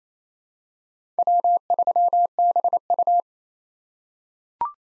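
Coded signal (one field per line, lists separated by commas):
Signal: Morse code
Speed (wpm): 28 wpm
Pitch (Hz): 700 Hz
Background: none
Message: W3BU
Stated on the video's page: Head-copy drill of 4-character USA call signs at 28 wpm with Farnsworth 3x character spacing, each sent, spoken, then sent again.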